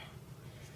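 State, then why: Not seated. The plastic landing gear is folded up on a transforming robot toy, but it doesn't stay locked in place. Only a steady low hum with faint ticking is heard, with no sharp transient. No click sounds and the gear never seats.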